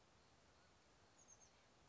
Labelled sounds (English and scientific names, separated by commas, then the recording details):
Oak Titmouse (Baeolophus inornatus)
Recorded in Sonoma County, California